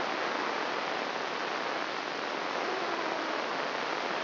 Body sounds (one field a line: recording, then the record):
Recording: brain microelectrode recording played as sound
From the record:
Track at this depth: outside the subthalamic nucleus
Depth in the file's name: 1.113 mm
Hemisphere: left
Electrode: 3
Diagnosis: Parkinson's disease